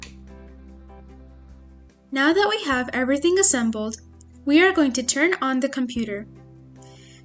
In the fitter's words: Make sure you listen for this click.